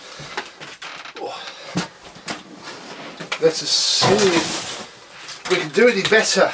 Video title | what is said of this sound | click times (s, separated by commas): Dyson DC20 Stowaway - After Refurbishment! | bit annoyingly the one doesn't lock into place as well as it did let's | 3.3 s